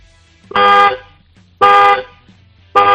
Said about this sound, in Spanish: Pues venga, sin más dilación, dale tres toquecitos al claxon, a ver cómo suena.